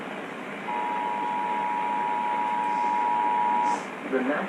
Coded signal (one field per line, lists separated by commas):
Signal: Emergency Alert System (SAME) tones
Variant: 853 and 960 Hz attention tone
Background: speech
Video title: Chicagonian Chtorms | EAS #362-365 (Severe Weather Alerts from 2/27/2024)